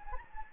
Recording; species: mosquito wingbeat signal from an infrared sensor; Anopheles gambiae